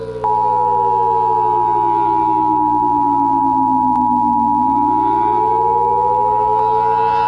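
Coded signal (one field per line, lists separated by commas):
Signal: Emergency Alert System (SAME) tones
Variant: 853 and 960 Hz attention tone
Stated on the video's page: Mock EAS alert, simulated and quickly made.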